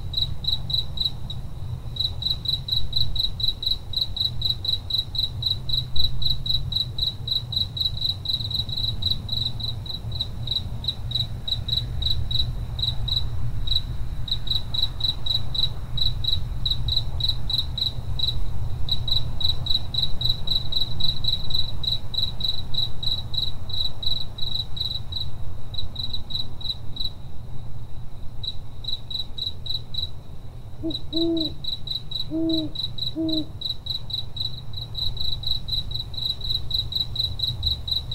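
Crickets trill steadily through the whole night scene, a bright, fast, unbroken pulsing chorus that never lets up. Beneath it sits a low, rumbling hum. Around thirty-one seconds, a short run of soft hoots, likely an owl, rises and fades.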